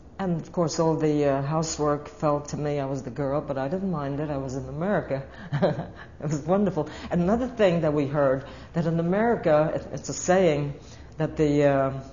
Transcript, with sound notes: And, of course, all the house work fell to me, I was the girl. But I didn't mind it. I was in America. (She laughs.) It was wonderful. And another thing that we heard, that in America, it's a saying, that the, uh,